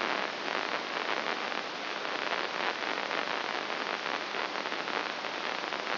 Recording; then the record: brain microelectrode recording played as sound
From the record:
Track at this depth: inside the subthalamic nucleus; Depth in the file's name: 3.62 mm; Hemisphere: left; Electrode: 2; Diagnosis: Parkinson's disease